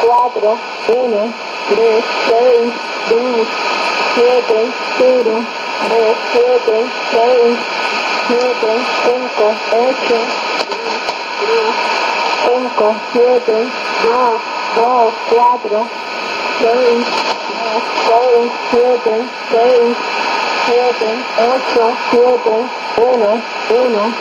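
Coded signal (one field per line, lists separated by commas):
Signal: numbers station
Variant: HM01, Spanish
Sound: a voice reading single digits at a steady pace over hissy shortwave noise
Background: radio static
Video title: 01 11 2017 Numbers station HM01 Cuban Spy in Spanish 0700 on 9330 Bejucal AM mode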